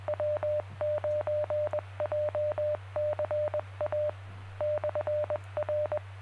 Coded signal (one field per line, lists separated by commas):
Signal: Morse code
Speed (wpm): 21 wpm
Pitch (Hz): 600 Hz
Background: none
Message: W9JCA/R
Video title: November 9, 2021: Jay County Amateur Radio Club Tuesday Net at 7 PM Eastern